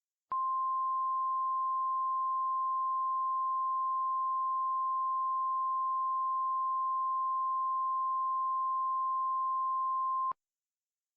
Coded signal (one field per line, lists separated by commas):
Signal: Emergency Alert System (SAME) tones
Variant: 1050 Hz attention tone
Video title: *VALID TONES* The Great Buffalo Tornado (EAS Scenario)